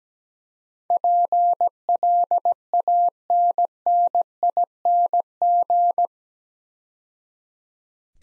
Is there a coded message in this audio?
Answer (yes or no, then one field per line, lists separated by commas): yes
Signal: Morse code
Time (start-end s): 0.9-6.1 s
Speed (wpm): 17 wpm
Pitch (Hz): 700 Hz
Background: none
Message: PLANNING